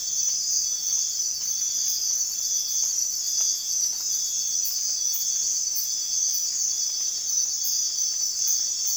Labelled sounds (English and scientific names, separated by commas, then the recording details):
none
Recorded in secondary vegetation near Puerto Asís, Putumayo, Colombia, on 30 June 2025 at 04:30
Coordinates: 0.498, -76.327
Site GP09